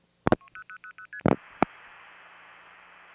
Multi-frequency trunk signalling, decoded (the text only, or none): 0000ST